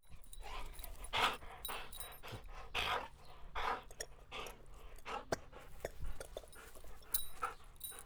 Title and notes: Perro Jugando. Momentos muertos en verano para jugar con el perro y su pelota preferida